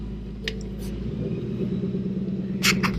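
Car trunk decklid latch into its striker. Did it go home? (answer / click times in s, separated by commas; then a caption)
yes / 0.5 s. A Mustang's rear decklid is closed so its trunk latch catches in the striker, latching the trunk so the backup camera lines will work. Over a steady low rumble, a loud impact rings out at 0.5 s, and a few short broadband bursts follow near the end. The latch catches and the trunk is confirmed closed.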